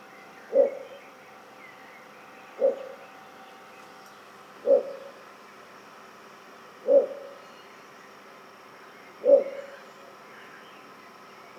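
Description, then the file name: Little bittern repeating a deep, clipped bark every two seconds or so over a soft hum. "torpegem-hangja torpegem-Ixobrychus-minutus"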